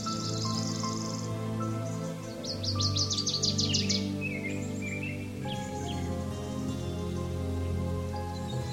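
Birds singing: a rapid buzzy trill near the middle, then short chirps, all above a constant deep hum of held tones.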